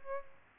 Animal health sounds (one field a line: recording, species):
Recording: mosquito wingbeat signal from an infrared sensor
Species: Aedes albopictus